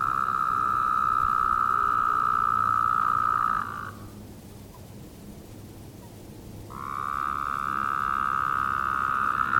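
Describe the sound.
Woodhouse's toad calling, a steady nasal buzzing drone held for several seconds, breaking off into a quiet pause before another long drone starts.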